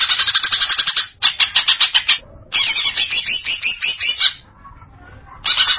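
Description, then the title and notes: Greater green leafbird song: bursts of harsh, rapid chattering notes broken by short silent gaps. Champion songbird. "Kicau Burung Cucak Ijo Juara. Suara kicauan burung cucak ijo"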